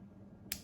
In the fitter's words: with that lock you heard it click right there it isn't going anywhere